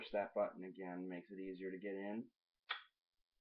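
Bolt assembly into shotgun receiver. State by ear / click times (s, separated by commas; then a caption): seated / 2.7 s. During reassembly of a Remington 11-87 police shotgun, the release button is pressed and the metal bolt/carrier assembly is pushed into the receiver while someone talks. After the talking stops, a short, sharp click at 2.7 s marks the assembly seating into position.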